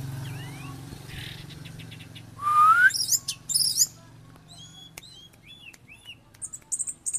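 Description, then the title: Oriental magpie-robin song: a rising whistle, then loud scratchy notes, followed by quick high slurred whistles and chips over a low hum. "Kicau Kacer"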